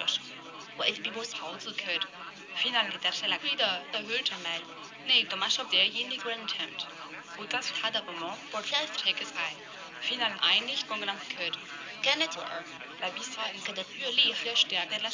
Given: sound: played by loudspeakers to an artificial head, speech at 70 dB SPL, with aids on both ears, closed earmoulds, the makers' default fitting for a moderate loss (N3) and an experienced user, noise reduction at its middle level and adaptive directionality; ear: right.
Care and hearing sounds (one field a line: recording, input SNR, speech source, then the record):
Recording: speech test signal (ISTS) in cocktail-party noise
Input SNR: 0 dB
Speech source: on the right (90 degrees)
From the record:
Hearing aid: class 1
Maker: G